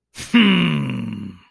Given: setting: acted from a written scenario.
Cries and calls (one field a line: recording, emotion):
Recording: vocal sound without words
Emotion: pride